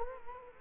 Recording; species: mosquito wingbeat signal from an infrared sensor; Culex quinquefasciatus